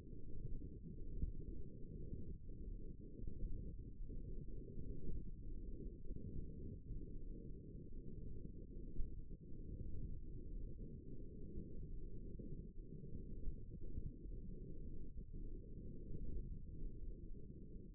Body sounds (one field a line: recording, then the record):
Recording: forearm muscle sounds (acoustic myography)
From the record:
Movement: wrist extension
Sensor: system 1, eight BSWA MPA416 microphones around the upper forearm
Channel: 2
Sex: female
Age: 21 years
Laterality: right